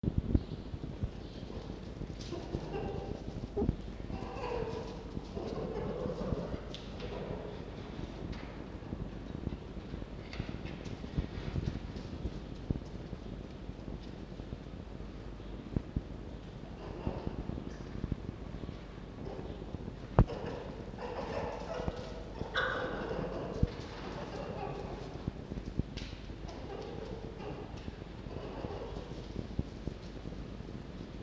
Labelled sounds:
Red Fox
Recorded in captivity
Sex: pair
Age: adult
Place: Zoologisches Institut der HUB, Berlin, DE
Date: 1952-06-23 17:45
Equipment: Elmetra
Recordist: Tembrock, Günter
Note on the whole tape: Jupp: Muffen (mit Fleisch) II; Fiffi: Muffen (mit Fleisch) I und II

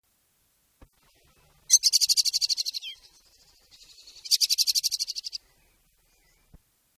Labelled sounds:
Common Blackbird alarm call
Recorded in the wild
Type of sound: alarm call
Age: adult
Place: Erlangen, Bayern, DE
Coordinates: 49.5844, 10.9925
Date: 1969
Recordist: Tretzel, Erwin
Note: Erlangen, Saalestr. Zetern. Ungenaue Datumsangabe: März 1969

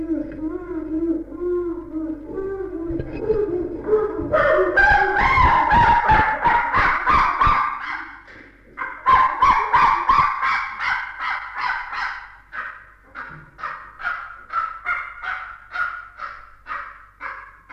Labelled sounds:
Chimpanzee
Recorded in captivity
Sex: diverse
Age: adult
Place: Tierpark Berlin, Berlin, DE
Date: 1961-01-25
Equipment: Smaragd
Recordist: Korde and Stein
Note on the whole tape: S 579 b): Monika : Futterbetteln, Schreien; Monika und Susi: Schreien; Jussub (Orang): wütendes Quieken; Monika schreit; Susi: Gitterrütteln und wüten (Berufspraktikum-Protokoll)

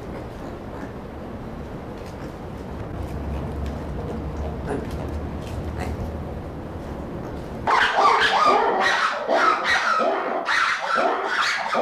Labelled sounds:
Black-and-white Ruffed Lemur
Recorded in captivity
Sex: pair
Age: adult
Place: Zoo Berlin, Berlin, DE
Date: 1995-08-05 19:55
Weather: heiter, 25°C
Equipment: Nagra SN, Sennheiser ME 80, Kopie Uher 4000 Report Monitor
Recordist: Tembrock, Günter

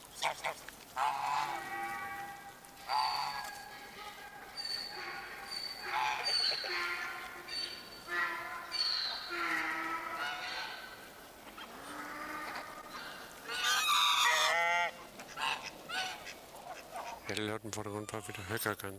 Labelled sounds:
Swan Goose call
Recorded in captivity
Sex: pair
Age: adult
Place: Tierpark Wolgast, Mecklenburg-Vorpommern, DE
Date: 1983-09-19 12:04
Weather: overcast, 16°C
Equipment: Nagra SN, Sennheiser MKH 416 T, Kopie Uher 4000 Report Monitor
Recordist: Tembrock, Günter

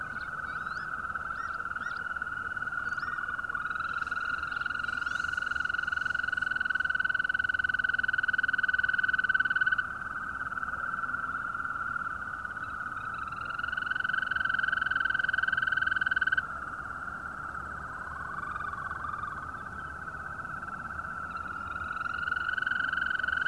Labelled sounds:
Green Toad
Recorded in the wild
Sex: male
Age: adult
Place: Falkenberger Rieselfelder, Barnim, Berlin, DE
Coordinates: 52.5792, 13.5536
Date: 1995-05-01 21:52
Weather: Lufttemperatur 4°C
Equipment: Sony TCD-D3, Sennheiser ME 80, K 30 AV (III), Windschutz
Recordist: Frommolt, Karl-Heinz

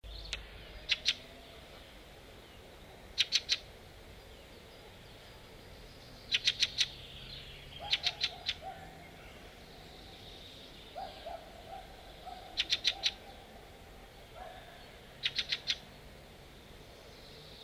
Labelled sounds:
Fieldfare call
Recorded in the wild
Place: Clausthal-Zellerfeld, Oberharz, Niedersachsen, DE
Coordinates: 51.78, 10.33
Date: 1986-06-16
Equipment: Sony WM-D6C, Parabolscheibe
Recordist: Skiba, Reinald

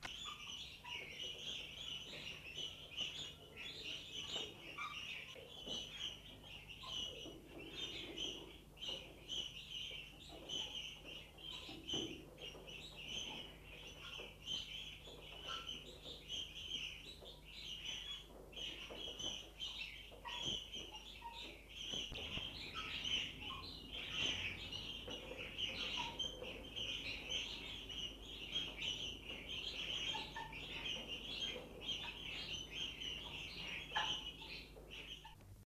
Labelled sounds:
Demoiselle Crane call
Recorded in captivity
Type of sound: call
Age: juvenile
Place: Zoo Gelsenkirchen, DE
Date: 1976-10-02
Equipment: Halbspur, 9,5 cm/s
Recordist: Lütgens, Hans
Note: Über 100 1-jährige. Zoo Gelsenkirchen

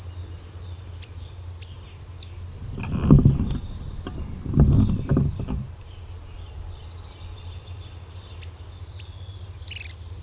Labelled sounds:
Goldcrest song
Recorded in the wild
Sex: male
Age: adult
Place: Schloß Holte-Stukenbrock, Senne, Nordrhein-Westfalen, DE
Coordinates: 51.8664, 8.66
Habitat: pine forest
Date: 1972-05-01
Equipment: Uher 4200 Report Stereo, Bändchenmikro Beyer M 260, Parabolspiegel Polyester (600 mm)
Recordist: Conrads, Klaus
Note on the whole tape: Kiefernwald südlich Hof Brock (Furlbach-Gebiet). Männchen: Gesang

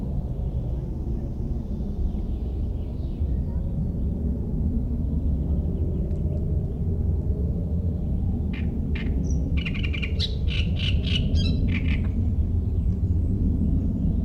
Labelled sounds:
Great Reed Warbler
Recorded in the wild
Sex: male
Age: adult
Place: Mühlenbeck, Brandenburg, DE
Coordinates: 52.689, 13.356
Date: 1993-05-08 13:10
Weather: sonnig, ca. 23°C
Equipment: Marantz CP 430, Sennheiser ME 80, Kopie Uher Variocord 263
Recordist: Tembrock, Günter

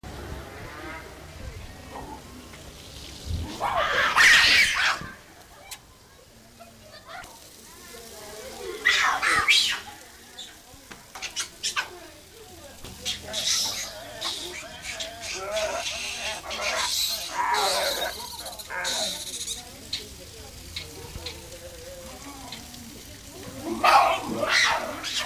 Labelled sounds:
Gelada
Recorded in captivity
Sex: group
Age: adult
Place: Tiergarten Wilhelma/Stuttgart, Baden-Württemberg, DE
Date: 2000-09-24 18:04
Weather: bedeckt, 15°C
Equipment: Nagra SN, Kopie Uher 4000 Report Monitor
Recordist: Tembrock, Günter

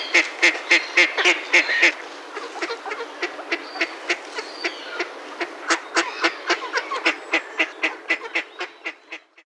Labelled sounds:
Mallard
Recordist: Tembrock, Günter
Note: Rufe einer Gruppe

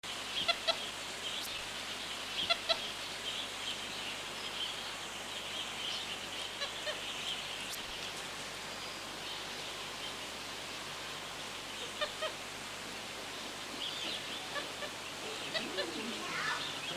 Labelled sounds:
Tufted Capuchin call
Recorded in captivity
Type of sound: call
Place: Tierpark Berlin, Berlin, DE
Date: 2004-09-25 17:53
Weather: cloudy, 16°C
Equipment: Sony WM-D6C, Sennheiser ME 80, Kopie Uher 4000 Report Monitor
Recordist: Tembrock, Günter
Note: Gelbbrustkapuziner (C.a.xanthosternos): Kurzlaute beim Fressen

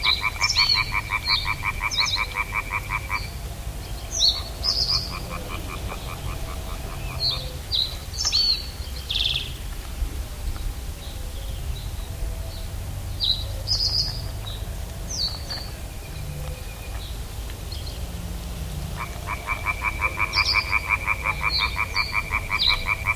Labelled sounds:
Reed Bunting
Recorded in the wild
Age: adult
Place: Illmitz, Neusiedler See, AT
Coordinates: 47.7678, 16.7803
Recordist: Brunner, Thomas
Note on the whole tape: Aufnahme: 2000-2002, Illmitz, Burgenland

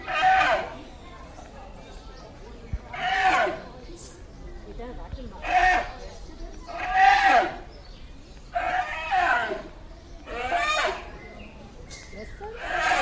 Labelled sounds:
Polar Bear call
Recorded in captivity
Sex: male
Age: juvenile
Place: Zoo Berlin, Berlin, DE
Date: 2007-06-07 16:30
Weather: slightly overcast, ca. 30°C
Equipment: Sony WM-D6C, Sennheiser ME 80
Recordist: Tembrock, Günter

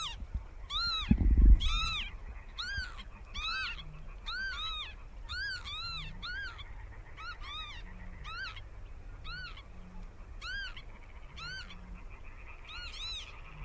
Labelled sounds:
Northern Lapwing flight call
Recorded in the wild
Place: Warsow, Kummerower See, Mecklenburg-Vorpommern, DE
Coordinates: 53.8367, 12.8269
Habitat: grasland
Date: 2009-05-25 22:27
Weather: clear sky, ca. 15°C, weak easterly winds
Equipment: Sound Devices 702, Sennheiser MKH 70, Rycote Windschutz
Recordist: Frommolt, Karl-Heinz

